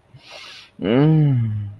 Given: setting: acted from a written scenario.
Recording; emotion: vocal sound without words; desire